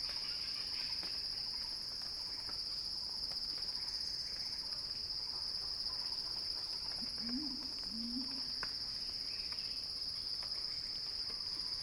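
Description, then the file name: Cicadas drone continuously in a high, even buzz with a fainter pulsed shimmer higher up; a short low double note appears in the second half. Cicadas heard in a crescendo; recorded by Axel Drioli. "earth-fm Axel-Drioli Cicada-Crescendo-Sounding-Wild"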